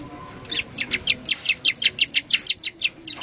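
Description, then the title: Bar-winged prinia song: a steady run of sharp, high notes repeated rapidly. "Suara Burung Ciblek"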